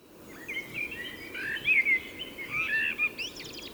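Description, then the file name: Common blackbird singing a mellow, fluted warbling phrase with rising and falling notes, ending in a brief high twitter, over a steady low background hiss. "Turdus merula"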